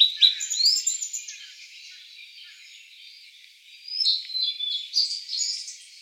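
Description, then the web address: Blue-and-white flycatcher song: two bursts of high, quick warbled whistles with sweeping notes, the first at the start and the second after a pause of about three seconds. Recorded 16 April 2013. "birdenaga ooruri S 130416"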